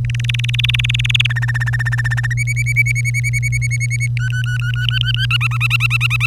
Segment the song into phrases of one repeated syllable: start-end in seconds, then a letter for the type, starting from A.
0.05-1.27 A, 1.29-2.33 B, 2.37-4.07 C, 4.17-5.26 D, 5.30-6.26 E